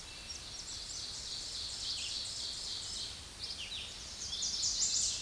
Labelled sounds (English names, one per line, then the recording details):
Red-eyed Vireo song
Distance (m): 45 m
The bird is about 20 m above the microphone
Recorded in a Pennsylvania forest on 16 May 2024 at 07:48
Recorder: AudioMoth, point MSD-0475
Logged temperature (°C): 12.3 °C
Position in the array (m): 147 m, 38 m